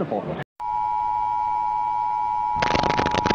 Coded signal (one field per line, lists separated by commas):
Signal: Emergency Alert System (SAME) tones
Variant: 853 and 960 Hz attention tone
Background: speech